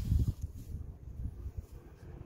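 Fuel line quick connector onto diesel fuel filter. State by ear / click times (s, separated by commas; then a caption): not seated / none. A plastic quick-connect fuel line fitting is handled at the diesel fuel filter during a fuel filter change on a VW Golf 1.9 TDI. Low rustling and bumping handling noise is heard, with a few louder knocks in the first 0.3 seconds before it settles into a quieter rumble. Nothing has seated or clicked yet.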